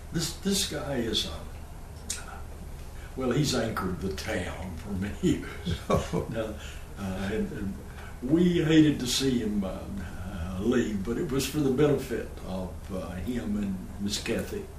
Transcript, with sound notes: This, this guy is a…well he’s anchored the town for [Chuckling] many years. Now, I didn’t, we hated to see him…leave but it was for the benefit of him and Miss Kathy